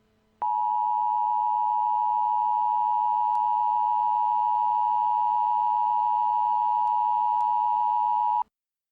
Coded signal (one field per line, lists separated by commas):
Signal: Emergency Alert System (SAME) tones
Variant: 853 and 960 Hz attention tone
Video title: EAS: Evacuation Immediate: Woodward County, OK (1/30/20)